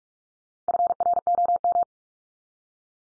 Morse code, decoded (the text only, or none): FROM